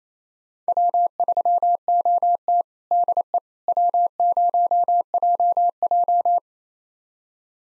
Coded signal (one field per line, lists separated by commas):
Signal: Morse code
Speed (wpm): 27 wpm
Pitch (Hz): 700 Hz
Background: none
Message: W3OT DE W0JJ